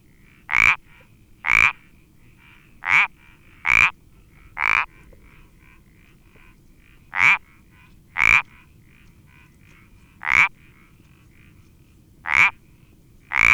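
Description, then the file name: Iberian parsley frog giving short, creaky croaks at irregular intervals, several loud notes with fainter notes in between. "Sapillo Moteado Iberico Pelodytes Ibericus"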